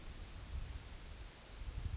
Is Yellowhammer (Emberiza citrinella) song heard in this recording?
no